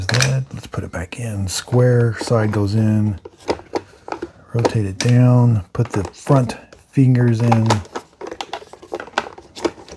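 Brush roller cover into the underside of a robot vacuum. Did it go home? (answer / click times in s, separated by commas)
yes / 9.2 s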